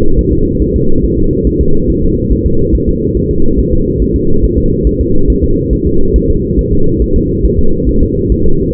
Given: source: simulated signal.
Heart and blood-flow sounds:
fetal heart sounds
0.19 s: S1
0.33 s: S2
0.62 s: S1
0.76 s: S2
1.04 s: S1
1.19 s: S2
1.47 s: S1
1.61 s: S2
1.90 s: S1
2.04 s: S2
2.32 s: S1
2.46 s: S2
2.75 s: S1
2.89 s: S2
3.17 s: S1
3.31 s: S2
3.59 s: S1
3.73 s: S2
4.02 s: S1
4.16 s: S2
4.44 s: S1
4.58 s: S2
4.87 s: S1
5.01 s: S2
5.30 s: S1
5.44 s: S2
5.73 s: S1
5.87 s: S2
6.16 s: S1
6.30 s: S2
6.59 s: S1
6.73 s: S2
7.02 s: S1
7.16 s: S2
7.45 s: S1
7.59 s: S2
7.89 s: S1
8.03 s: S2
8.32 s: S1
8.46 s: S2
From the record:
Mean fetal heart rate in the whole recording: 140 bpm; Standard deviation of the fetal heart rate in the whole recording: 2 bpm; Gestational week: 34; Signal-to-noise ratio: -19.1 dB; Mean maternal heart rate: 72 bpm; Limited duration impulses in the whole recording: present

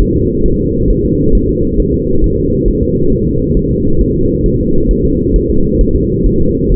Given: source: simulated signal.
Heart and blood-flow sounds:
fetal heart sounds
0.02 s: S1
0.16 s: S2
0.46 s: S1
0.60 s: S2
0.90 s: S1
1.05 s: S2
1.35 s: S1
1.49 s: S2
1.80 s: S1
1.94 s: S2
2.24 s: S1
2.38 s: S2
2.68 s: S1
2.83 s: S2
3.12 s: S1
3.27 s: S2
3.57 s: S1
3.71 s: S2
4.01 s: S1
4.16 s: S2
4.46 s: S1
4.60 s: S2
4.91 s: S1
5.05 s: S2
5.36 s: S1
5.50 s: S2
5.81 s: S1
5.95 s: S2
6.27 s: S1
6.41 s: S2
6.72 s: S1
From the record:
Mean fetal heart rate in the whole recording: 135 bpm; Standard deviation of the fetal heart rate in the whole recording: 3 bpm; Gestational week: 36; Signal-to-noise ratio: -16.4 dB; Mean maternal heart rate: 72 bpm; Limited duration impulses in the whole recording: present

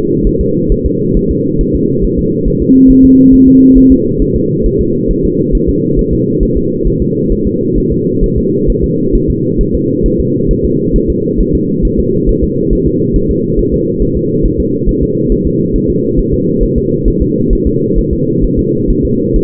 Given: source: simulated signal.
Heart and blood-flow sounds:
fetal heart sounds
0.27 s: S1
0.41 s: S2
0.72 s: S1
0.86 s: S2
1.17 s: S1
1.31 s: S2
1.61 s: S1
1.75 s: S2
2.05 s: S1
2.19 s: S2
2.48 s: S1
2.62 s: S2
2.91 s: S1
3.05 s: S2
3.34 s: S1
3.48 s: S2
3.78 s: S1
3.92 s: S2
4.22 s: S1
4.36 s: S2
4.66 s: S1
4.81 s: S2
5.11 s: S1
5.25 s: S2
5.55 s: S1
5.69 s: S2
5.99 s: S1
6.13 s: S2
6.43 s: S1
6.57 s: S2
6.87 s: S1
7.02 s: S2
7.32 s: S1
7.47 s: S2
7.78 s: S1
7.92 s: S2
8.24 s: S1
8.38 s: S2
8.70 s: S1
8.84 s: S2
9.15 s: S1
9.30 s: S2
9.61 s: S1
9.75 s: S2
10.06 s: S1
10.20 s: S2
10.51 s: S1
10.65 s: S2
10.96 s: S1
11.10 s: S2
11.41 s: S1
11.55 s: S2
11.85 s: S1
11.99 s: S2
12.29 s: S1
12.44 s: S2
12.73 s: S1
12.87 s: S2
13.16 s: S1
13.31 s: S2
13.59 s: S1
13.74 s: S2
14.02 s: S1
14.17 s: S2
14.46 s: S1
14.60 s: S2
14.89 s: S1
15.03 s: S2
15.32 s: S1
15.47 s: S2
15.76 s: S1
15.90 s: S2
16.19 s: S1
16.34 s: S2
16.63 s: S1
16.78 s: S2
17.08 s: S1
17.22 s: S2
17.53 s: S1
17.67 s: S2
17.98 s: S1
18.13 s: S2
18.44 s: S1
18.59 s: S2
18.90 s: S1
19.05 s: S2
19.36 s: S1
From the record:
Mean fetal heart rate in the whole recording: 135 bpm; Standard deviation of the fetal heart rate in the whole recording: 3 bpm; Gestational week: 36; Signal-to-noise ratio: -11.2 dB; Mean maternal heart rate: 72 bpm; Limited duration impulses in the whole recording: present

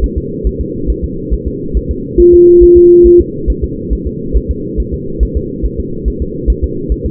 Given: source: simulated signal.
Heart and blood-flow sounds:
fetal heart sounds
0.04 s: S1
0.18 s: S2
0.47 s: S1
0.61 s: S2
0.90 s: S1
1.04 s: S2
1.33 s: S1
1.48 s: S2
1.77 s: S1
1.91 s: S2
2.20 s: S1
2.34 s: S2
2.63 s: S1
2.77 s: S2
3.07 s: S1
3.21 s: S2
3.50 s: S1
3.64 s: S2
3.93 s: S1
4.07 s: S2
4.37 s: S1
4.51 s: S2
4.80 s: S1
4.94 s: S2
5.23 s: S1
5.37 s: S2
5.66 s: S1
5.80 s: S2
6.08 s: S1
6.22 s: S2
6.50 s: S1
6.64 s: S2
6.92 s: S1
7.06 s: S2
From the record:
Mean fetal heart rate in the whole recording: 140 bpm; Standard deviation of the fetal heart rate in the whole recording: 2 bpm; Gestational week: 34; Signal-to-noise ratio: -6.6 dB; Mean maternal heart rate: 72 bpm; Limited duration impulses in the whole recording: present

